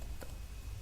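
An airplane lap belt is unfastened by lifting its metal buckle flap so the tongue releases from the buckle. A single short tick is heard at 0.2 s over a low steady background hum, and the belt comes open.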